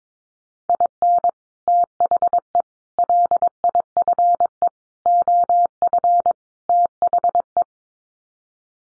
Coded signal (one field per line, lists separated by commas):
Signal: Morse code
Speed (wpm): 22 wpm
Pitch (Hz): 700 Hz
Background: none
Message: IN THE LIFE OF THE